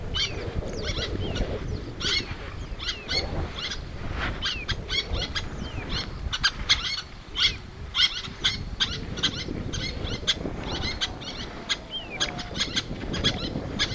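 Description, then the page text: Little tern calls, many sharp high chips and short rasping notes in a continuous stream, with low rumbling background noise throughout. "Albert Lastukhin - Малая крачка (Sterna albifrons)"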